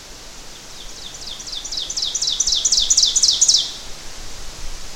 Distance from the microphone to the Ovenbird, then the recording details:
about 15 m. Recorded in boreal forest in Alberta, Canada, on 12 June 2016 at 06:50. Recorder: SongMeter 3, array SBT-3-18. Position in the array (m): 246 m, 95 m. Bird 31